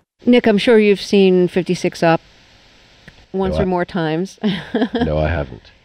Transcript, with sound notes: Nick, I'm sure you've seen "56 Up" once or more times (laughter).
No, I haven't.